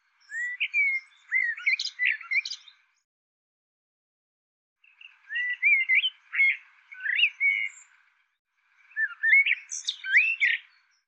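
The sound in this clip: Bird calling in three bursts of warbled, sliding notes separated by silences; no other sounds.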